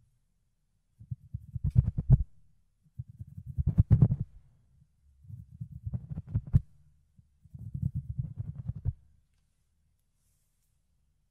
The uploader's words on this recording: ASMR Fluffy Ear Cleaning, Ear Picking (No Talking).